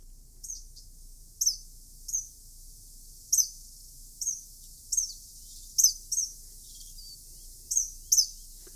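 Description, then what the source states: Eastern Kingbird giving thin, very high-pitched sharp notes, spaced irregularly about once a second, some in quick doubled pairs, over faint low hum. Not very musical, high-pitched notes; large flycatcher of open areas, feisty, chases hawks and crows.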